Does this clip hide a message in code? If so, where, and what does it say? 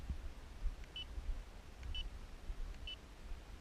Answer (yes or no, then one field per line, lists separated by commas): no